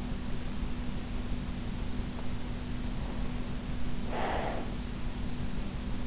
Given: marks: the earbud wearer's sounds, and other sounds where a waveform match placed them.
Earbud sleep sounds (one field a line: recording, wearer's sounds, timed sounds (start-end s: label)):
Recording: sounds in sleep by an in-ear microphone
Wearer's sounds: breath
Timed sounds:
3.16-5.39 s: breath